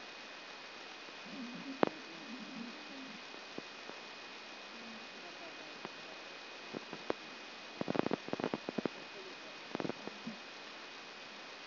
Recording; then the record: brain microelectrode recording played as sound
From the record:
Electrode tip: outside the subthalamic nucleus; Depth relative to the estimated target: -8 mm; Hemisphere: left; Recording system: AlphaMap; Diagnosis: Parkinson's disease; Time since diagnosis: 11 years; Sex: female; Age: 62 years